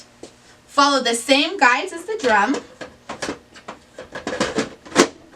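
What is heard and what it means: A toner cartridge is pushed into the drum unit of a Lexmark B2338 laser printer along the same guides as the drum while someone talks. Short handling knocks and scrapes are heard from about 2.8 to 4.3 s. The cartridge has not clicked or seated yet.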